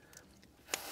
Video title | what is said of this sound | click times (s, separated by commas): Squale x The Urban Gentry (TGV) 1545 Limited Edition Collaboration Watch | snaps into I didn't get it there we go snaps into place | 0.7 s